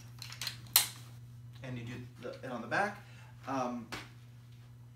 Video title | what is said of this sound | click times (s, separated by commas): Bugaboo Donkey2 Stroller 2018 - Reviews, Ratings, Prices | just click this back in and | 0.8 s